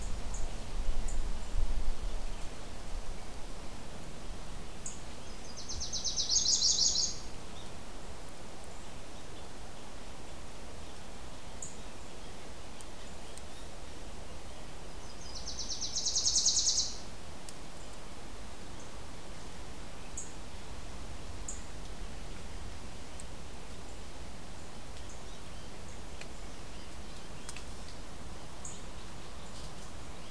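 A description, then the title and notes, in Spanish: Ambient sound of an oak-pine forest: a steady, soft hiss fills the whole half minute. Two short, high bursts, like insect or bird buzzes, rise around the sixth and sixteenth seconds, with faint low rumbling and scattered tiny clicks early on. Escucha el sonido ambiental del Bosque de encino-pino.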